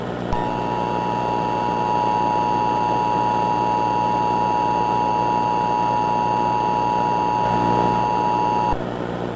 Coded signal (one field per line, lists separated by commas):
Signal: Emergency Alert System (SAME) tones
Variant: 853 and 960 Hz attention tone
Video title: (EAS MOCK) - The Exit (2012)